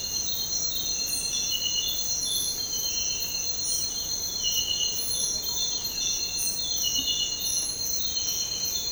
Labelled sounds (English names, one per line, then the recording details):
none
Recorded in dense forest near Puerto Asís, Putumayo, Colombia, on 13 March 2025 at 06:00
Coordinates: 0.467, -76.328
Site G041